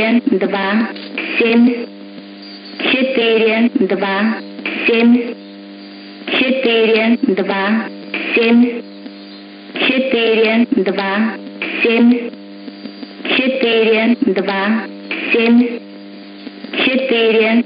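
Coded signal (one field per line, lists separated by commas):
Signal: numbers station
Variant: S06s, Russian female voice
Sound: female voice reading short words in regular groups with pauses, over radio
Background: radio static, faint hum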